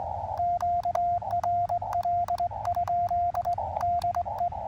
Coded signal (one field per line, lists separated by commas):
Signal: Morse code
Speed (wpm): 21 wpm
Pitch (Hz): 700 Hz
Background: radio noise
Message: QRL? DE